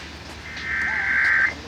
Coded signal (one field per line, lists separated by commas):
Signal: Emergency Alert System (SAME) tones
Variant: header bursts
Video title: PULLING ANOTHER IMPERIAL, EH?! Broadcast Radio & TV EAS: Required Monthly Test (EAS #354-357)